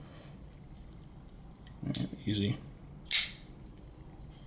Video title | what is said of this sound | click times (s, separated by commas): Extrema Ratio MF0 Black Finish | And nice clicking sound. | 2.0 s